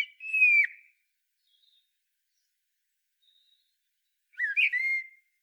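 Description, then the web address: Common blackbird with a descending fluty phrase at the start, a quiet pause with faint high notes, then another warbled whistle phrase near the end. "SETE data Turdus merula"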